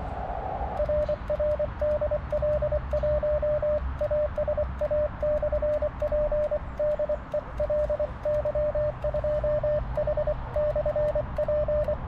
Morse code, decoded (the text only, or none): RR DL1ASA/P DE LY2H/P